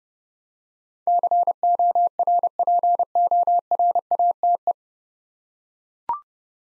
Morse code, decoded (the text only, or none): CORPORATE